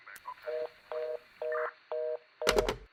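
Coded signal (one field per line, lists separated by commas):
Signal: telephone call progress tone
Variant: North America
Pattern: reorder tone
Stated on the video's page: Fictional old-time-radio style audio drama with produced sound effects.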